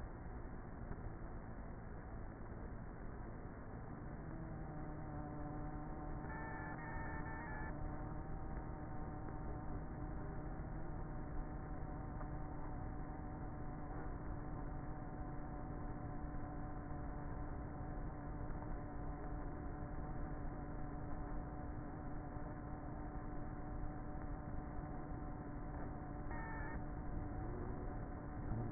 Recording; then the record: honeybee colony, microphone inside the hive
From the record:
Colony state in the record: queenless with a low population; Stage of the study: before two queens were removed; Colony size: about 30,000 bees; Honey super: no